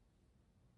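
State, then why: Not seated. Small resin diamond painting drills are handled with a pen tool over an adhesive canvas grid, about to be pressed into their cells. Only a faint, steady low-level hiss is heard for the 0.8 seconds. Nothing has seated or clicked yet.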